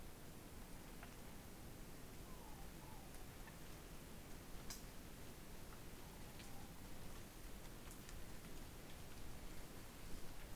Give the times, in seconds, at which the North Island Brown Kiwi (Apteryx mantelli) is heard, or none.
none